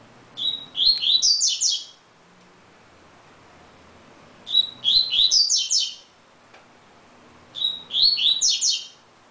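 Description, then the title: Double-collared seedeater gives three lively phrases of high whistled and twittering notes, each under two seconds long, separated by quiet pauses. "Canto Coleiro"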